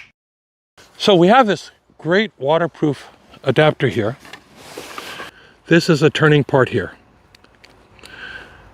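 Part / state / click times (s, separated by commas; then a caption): waterproof cable adapter onto detector unit socket / seated / 8.1 s. Someone talks as the turning part of a waterproof cable adapter connector is fitted onto the detector unit socket of an eXp 5500, with a few small taps and rustles near the end. A little click at 8.1 s marks the connector fully clicked in and seated.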